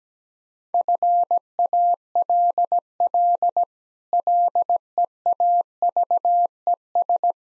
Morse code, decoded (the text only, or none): FALL LEAVES